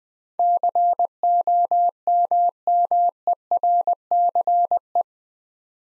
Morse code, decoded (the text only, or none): COMMERCE